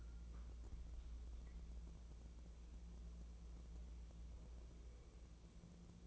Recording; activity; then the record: daily activity, microphone in the room; wipe stove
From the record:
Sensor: 1